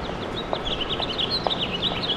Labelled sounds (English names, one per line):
House Finch song